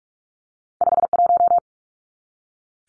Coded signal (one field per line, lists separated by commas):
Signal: Morse code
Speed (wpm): 44 wpm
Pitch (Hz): 700 Hz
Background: none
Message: 51